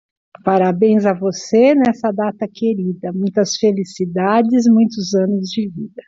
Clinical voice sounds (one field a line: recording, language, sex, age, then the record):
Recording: short text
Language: Brazilian Portuguese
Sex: female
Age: 60 to 69 years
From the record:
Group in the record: control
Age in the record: 64 years